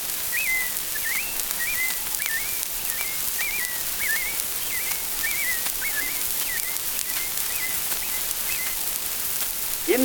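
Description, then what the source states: American robin singing a steady string of short whistled phrases that slur up and down, with soft patter and hiss behind and a brief louder sound at the end. A second robin answering another robin's evening song from a distance, in woods at the close of a day in June.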